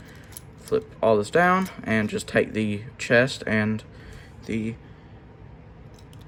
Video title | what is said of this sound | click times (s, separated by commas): Transformers review studio series hot rod #80 | You should hear click | 0.4 s